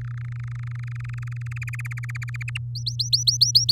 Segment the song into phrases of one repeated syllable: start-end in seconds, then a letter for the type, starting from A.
0.01-1.58 A, 1.62-2.43 B, 2.48-2.58 C, 2.75-3.72 D